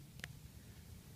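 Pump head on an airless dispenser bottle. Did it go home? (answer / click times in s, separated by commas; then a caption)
yes / 0.2 s. The pump head of an airless cosmetic dispenser is pushed fully down onto a filled plastic bottle standing on a flat surface. A faint tick at 0.2 s leads into a sharp, bright snap at 0.2 s as the head seats, followed by quiet low background noise.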